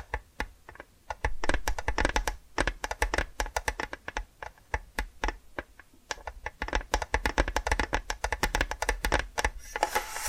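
Rapid, dense tapping and scratching clicks in irregular bursts, like typing on a keyboard, with brief pauses near two and six seconds.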